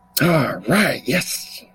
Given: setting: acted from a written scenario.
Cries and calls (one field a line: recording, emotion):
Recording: vocal sound without words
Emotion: pride